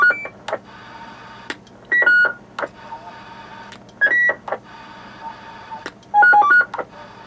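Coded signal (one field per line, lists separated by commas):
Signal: roger beep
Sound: three short melodic beep sequences of stepped tones, each after a key click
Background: room hum, clicks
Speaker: are some of the beeps that are on here now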